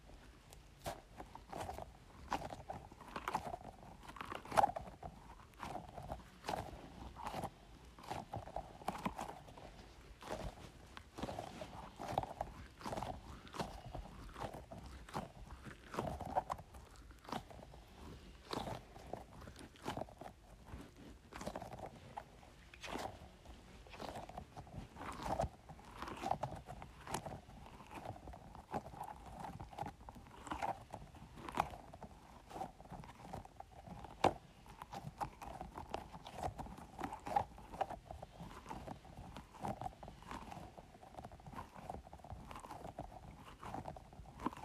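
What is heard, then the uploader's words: A ball of water beads being squeezed over and over, giving a dense run of wet squelches and sharp little pops. The sounds come quickly and irregularly for the whole stretch, with a midrange squishy tone under the crisp clicks. ASMR Squeezing Orbeez Ball.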